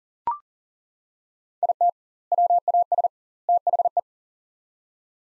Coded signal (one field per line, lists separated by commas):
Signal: Morse code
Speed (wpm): 38 wpm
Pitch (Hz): 700 Hz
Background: none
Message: IT WAS THE